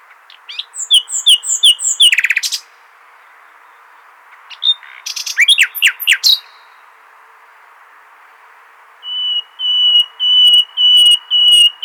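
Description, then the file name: Common nightingale song: varied phrases of chirps and downslurred whistles, then a steady series of about six sustained pure whistles. "Luscinia megarhynchos"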